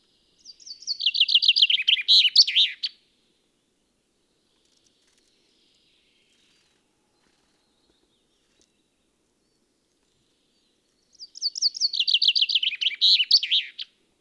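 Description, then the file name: Common chaffinch song: two bright phrases separated by a long silence, each a quick descending run of notes ending in a sharp flourish. "Fringilla coelebs"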